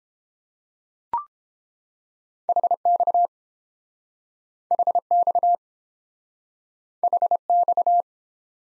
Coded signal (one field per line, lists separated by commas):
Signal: Morse code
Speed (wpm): 30 wpm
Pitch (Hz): 700 Hz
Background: none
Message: HX HX HX